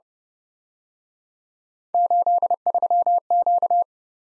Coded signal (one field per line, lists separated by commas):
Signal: Morse code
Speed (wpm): 30 wpm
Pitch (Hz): 700 Hz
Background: none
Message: 83Q